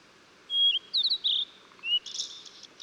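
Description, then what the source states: Blue-and-white flycatcher song opening with a long clear whistle, then quick slurred notes and a short whistle before a scratchy, buzzy close. Recorded 14 June 2009.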